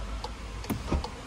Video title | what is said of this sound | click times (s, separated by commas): NOVO VW POLO TRACK 2024: O CARRO DOS SONHOS ESTÁ CHEGANDO! | Fez o barulhinho. Então agora eu creio que deve estar aberto. | 0.2 s, 0.7 s, 1.0 s